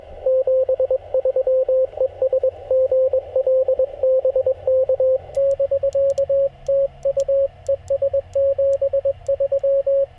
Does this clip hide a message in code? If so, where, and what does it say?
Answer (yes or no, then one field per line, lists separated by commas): yes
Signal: Morse code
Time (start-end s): 0.3-10.0 s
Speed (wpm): 21 wpm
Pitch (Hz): 560 Hz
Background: radio noise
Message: 73 ES GL BK <BK> TU ES 73